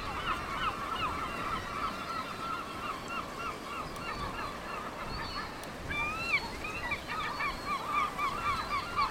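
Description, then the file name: Seabirds calling in an uneven chorus of short nasal notes, with a few louder upslurred cries and a rising squeal in the second half. Seabirds at Cap Fréhel. "oiseaux marins au cap frehel"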